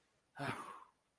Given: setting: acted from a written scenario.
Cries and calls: vocal sound without words; neutral

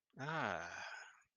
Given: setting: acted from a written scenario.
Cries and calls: vocal sound without words; relief

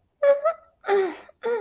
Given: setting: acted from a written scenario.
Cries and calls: vocal sound without words; confusion

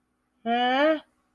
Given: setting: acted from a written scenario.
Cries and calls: vocal sound without words; confusion

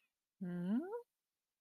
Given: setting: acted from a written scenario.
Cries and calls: vocal sound without words; confusion

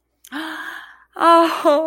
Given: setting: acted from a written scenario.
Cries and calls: vocal sound without words; elation

